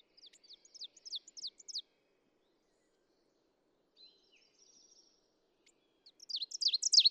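Ovenbird song: high, quick phrases building over two seconds, a quiet gap with a few faint notes, then another song rising to a loud finish.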